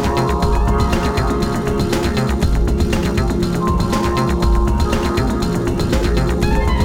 Pericardial friction rub. When inflamed pericardial surfaces rub together, they produce characteristic high-pitched friction noises called rubs.